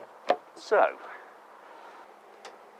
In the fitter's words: so that's it locking into there you can hear some clicking and relay noises happening in here